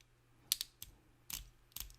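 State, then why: Seated. A finger hand-tightens the click-drive wheel on a scope mount clamped to a rifle Picatinny rail, producing sharp ratchet clicks at 0.5, 0.6, 0.8, 1.3, 1.8 and 1.9 seconds. The wheel tightens until it will not turn further, locked in place so it won't back out.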